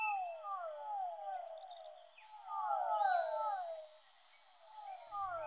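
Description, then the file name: Fischer's dwarf frog chorus: drawn-out, falling whines that overlap thickly, under a shrill pulsing buzz that starts and stops and a thin steady high tone. Soundscape composition built from amphibian vocalizations. "soundscape with amphibian vocalizations of physalaemus fischeri"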